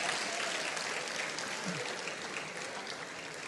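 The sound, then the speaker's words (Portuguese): Steady audience applause for the pastor, a dense wash of many hands clapping at an even, fairly loud level for a few seconds, with no voices standing out. “Vamos aplaudir o pastor, o camarada acertou, né?”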